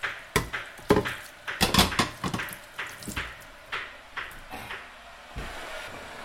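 Repeated sharp metallic clatters and knocks of a saucepan and utensils while cooking courgettes in olive oil, irregular and fairly loud, over a soft hissing background, with no talking.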